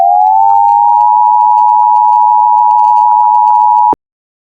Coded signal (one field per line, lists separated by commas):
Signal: Emergency Alert System (SAME) tones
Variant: 853 and 960 Hz attention tone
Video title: EAS Scenario: It Is Watching You...... (A EAS Maker Alternate world Scenario)